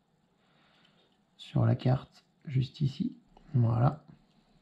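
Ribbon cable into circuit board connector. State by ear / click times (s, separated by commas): not seated / none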